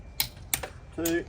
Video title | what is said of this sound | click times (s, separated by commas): Exterior Handover (Great Aussie - Gravity) | so we'll go around and we click it till you hear that click | 0.2 s, 0.5 s